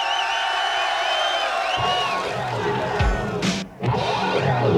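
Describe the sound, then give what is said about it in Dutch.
A crowd cheers and whoops steadily for two men, with high shouts and whistles rising above a dense wash of clapping, briefly dipping near the end before swelling again. “En ik wil nogmaals een overheidsvereniging applaus voor allebei deze heren.”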